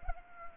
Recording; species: mosquito wingbeat signal from an infrared sensor; Anopheles gambiae